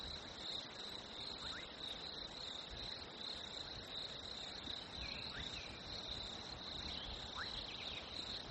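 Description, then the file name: Crickets trilling in an unbroken high drone, with scattered faint bird chirps. Nature ambience of crickets with birds, labelled fresh winter. "ATMO NATURE Fresh Winter Crickets Birds"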